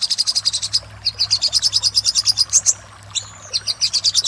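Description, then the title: Little spiderhunter song: rapid high chips in runs separated by short pauses, with a thin whistled note in one gap. For training cage birds. "Masteran Burung Sogok Ontong Labaik"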